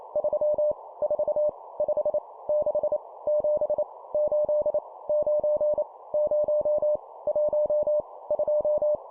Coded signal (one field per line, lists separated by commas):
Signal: Morse code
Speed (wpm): 28 wpm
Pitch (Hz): 600 Hz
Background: none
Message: 3 4 5 6 7 8 9 0 1 2